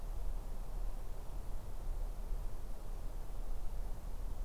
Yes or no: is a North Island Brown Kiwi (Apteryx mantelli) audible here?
no